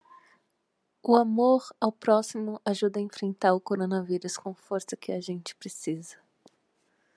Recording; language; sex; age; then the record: spoken sentence; Brazilian Portuguese; female; 30 to 39 years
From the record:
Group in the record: control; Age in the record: 32 years